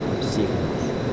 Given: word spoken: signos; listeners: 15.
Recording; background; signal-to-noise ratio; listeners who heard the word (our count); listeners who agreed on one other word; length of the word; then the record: one Spanish word in noise, from a listening test; speech-shaped noise; -5.1 dB; 2 of 15; 8 of 15; 0.73 s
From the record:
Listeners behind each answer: 8, 2, 1, 1, 1, 1, 1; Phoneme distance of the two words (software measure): 10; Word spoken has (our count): 2 syllables, 6 phonemes, stress on syllable 1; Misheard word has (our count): 2 syllables, 6 phonemes, stress on syllable 1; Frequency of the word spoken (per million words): 34.81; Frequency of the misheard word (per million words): 56.30